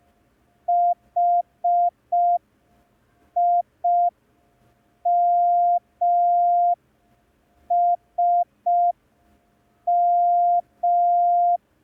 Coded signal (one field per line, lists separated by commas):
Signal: Morse code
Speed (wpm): 5 wpm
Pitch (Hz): 700 Hz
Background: none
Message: HIMSM